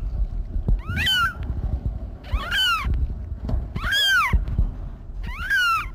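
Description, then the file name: Cat giving four drawn-out meows, each bending up then down, spaced roughly every one and a half seconds, with low background rumble. "Katten Miiiau"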